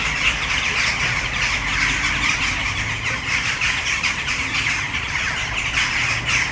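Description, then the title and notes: Western jackdaw flock calls, loud clipped squawking notes overlapping nonstop from many birds, with a faint vehicle drone in the background. A flock of many western jackdaws in a tree in the city centre of Brno, Czech Republic, recorded at sunset. "Brno-střed-Brno-město, Česko - Western jackdaws at sunset. A tree full of jackdaws in the city center of Brno"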